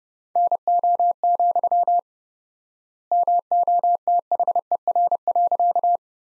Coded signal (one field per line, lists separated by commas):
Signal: Morse code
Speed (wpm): 30 wpm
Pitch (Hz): 700 Hz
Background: none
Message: NO, MOTHER.